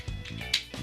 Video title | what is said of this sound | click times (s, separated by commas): Hasbro Transformers Combiner Wars Stunticons and Menasor REVIEW | snapped in once you get one snapped in the other one snaps in pretty easily | 0.5 s